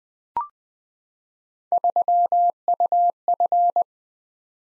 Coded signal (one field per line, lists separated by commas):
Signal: Morse code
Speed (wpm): 20 wpm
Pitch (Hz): 700 Hz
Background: none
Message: 3UF